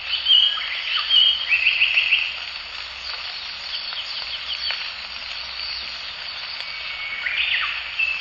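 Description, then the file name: Japanese paradise flycatcher opens with whistles and a quick string of repeated notes, then falls quiet before a short phrase returns near the end, over continuous high buzzing. Recorded at the Morito River. "サンコウチョウ 森戸川"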